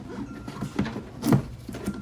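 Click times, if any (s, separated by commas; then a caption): 0.8 s. On a 2006-2010 Ford Explorer, after a new air filter goes in, the plastic tabs on the air filter housing cover are slid into the back of the air box. One sharp click is heard at 0.8 s as the tabs click into place, and the cover is seated.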